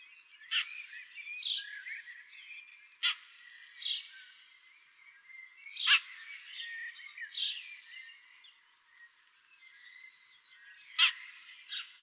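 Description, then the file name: House sparrow giving sparse chirps, short bright notes scattered irregularly every second or few seconds, with quiet chatter between them. "Passer domesticus"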